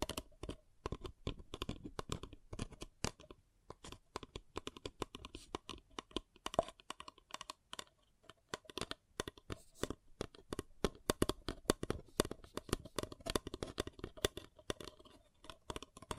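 Crinkling and tapping on a paper cup makes dense bursts of crisp, bright crackles with brief pauses. The sound starts sparser, then from about eight seconds becomes a near-continuous rapid rustle. A faint steady tone sits underneath throughout.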